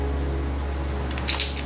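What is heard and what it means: A metal remote reservoir from a new pro coilover is fitted and locked into its mount bracket over a steady low hum. Short metallic clacks are heard at 1.3 s and 1.4 s, with a faint tick just before, as the reservoir seats in place.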